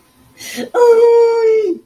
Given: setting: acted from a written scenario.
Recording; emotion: vocal sound without words; pain